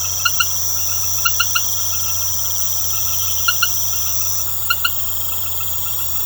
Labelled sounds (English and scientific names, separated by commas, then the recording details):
none
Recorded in secondary vegetation near Puerto Asís, Putumayo, Colombia, on 19 March 2025 at 20:00
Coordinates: 0.468, -76.324
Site G059